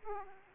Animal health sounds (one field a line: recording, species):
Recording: mosquito wingbeat signal from an infrared sensor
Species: Aedes aegypti